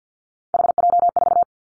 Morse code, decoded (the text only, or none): HJ4